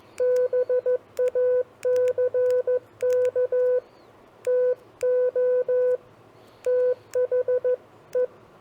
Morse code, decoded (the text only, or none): BACK TO THE